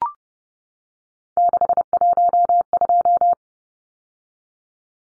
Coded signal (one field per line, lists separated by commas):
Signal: Morse code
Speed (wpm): 30 wpm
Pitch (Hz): 700 Hz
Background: none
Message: 612